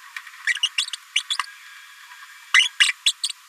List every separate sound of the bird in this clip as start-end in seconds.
0.63-0.68, 0.78-0.86, 0.93-0.96, 1.16-1.20, 2.54-2.68, 2.80-2.92, 3.06-3.12, 3.23-3.28